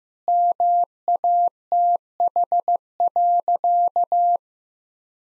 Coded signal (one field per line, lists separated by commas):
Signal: Morse code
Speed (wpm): 15 wpm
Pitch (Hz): 700 Hz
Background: none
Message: MATH.